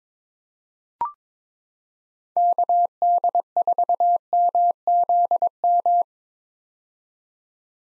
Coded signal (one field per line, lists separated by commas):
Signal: Morse code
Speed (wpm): 21 wpm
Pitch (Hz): 700 Hz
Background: none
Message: KD4MZM